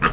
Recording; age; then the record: pig call; piglet (1 to 25 days)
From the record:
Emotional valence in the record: positive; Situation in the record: reunion after long isolation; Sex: female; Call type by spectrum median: low-frequency call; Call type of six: low-frequency tonal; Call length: 0.12 s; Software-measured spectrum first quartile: 883 Hz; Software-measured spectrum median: 1377 Hz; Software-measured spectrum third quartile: 2413 Hz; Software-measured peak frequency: 1251 Hz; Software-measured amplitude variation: 149 dB a second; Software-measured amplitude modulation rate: 8.1 a second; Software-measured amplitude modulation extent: 18.5 dB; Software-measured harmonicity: 1.2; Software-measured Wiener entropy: -1.43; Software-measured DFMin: 794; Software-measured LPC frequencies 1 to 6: 1270, 1726, 2589, 3163, 4389, 5089 Hz